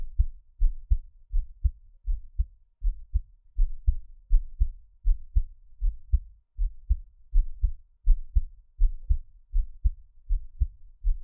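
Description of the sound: Steady, muffled low heartbeat thumps at about 81 beats a minute from an adult heart, heard close-up with no talking.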